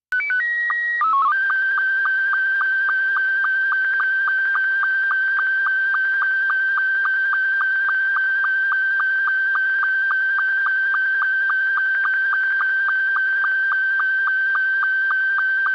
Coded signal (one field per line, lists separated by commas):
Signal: SSTV (slow-scan television)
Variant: Scottie 2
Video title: LCDRA Live Stream - 145.390 Lansing and 146.700 - Slow Scan TV Net